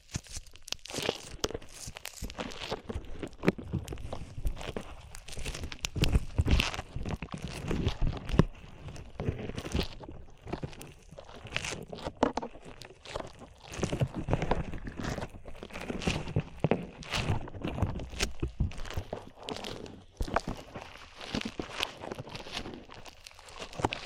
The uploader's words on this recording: ASMR SLIME IN YOUR EARS 3Dio Sticky Sounds (No Talking).